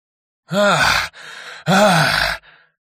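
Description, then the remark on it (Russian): Tired, heavy breathing of a bleeding, wounded wolfman: two loud, drawn-out exhales with a low groaning voice in them, each followed by a softer, raspy intake of breath. “Устало дышал Людоволк.”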